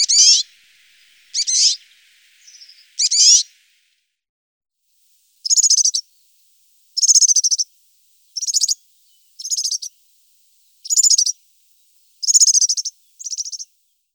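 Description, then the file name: European serin song in short, high, tinny bursts, several with descending sweeps, then after a pause a run of brief jingling phrases with short silent gaps. "verzellino"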